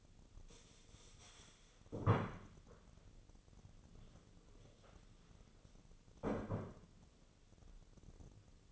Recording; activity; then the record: daily activity, microphone in the room; stand up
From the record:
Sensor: 4